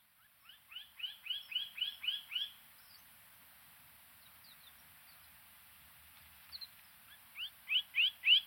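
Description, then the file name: Bird song: a rapid series of rising chirps over steady background hiss, a pause, then a few more loud repeated notes. "chant oiseau"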